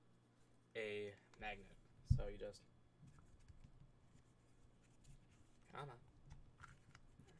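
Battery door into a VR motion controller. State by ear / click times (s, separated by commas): not seated / none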